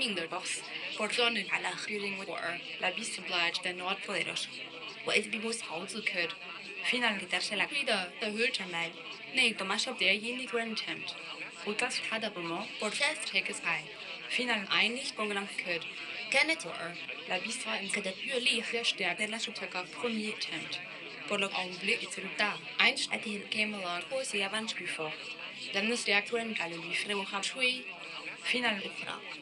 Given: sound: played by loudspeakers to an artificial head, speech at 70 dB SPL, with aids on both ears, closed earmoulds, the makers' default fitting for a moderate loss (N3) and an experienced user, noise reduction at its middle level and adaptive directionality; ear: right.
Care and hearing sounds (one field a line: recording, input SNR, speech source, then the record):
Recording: speech test signal (ISTS) in cocktail-party noise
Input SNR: +9 dB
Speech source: in front (0 degrees)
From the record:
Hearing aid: class 2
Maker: I